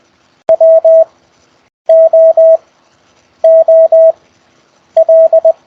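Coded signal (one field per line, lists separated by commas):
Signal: Morse code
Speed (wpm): 20 wpm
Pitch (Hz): 650 Hz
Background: none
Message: WOOL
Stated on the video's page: Raw CW QSO practice exchanged over Skype, week eight.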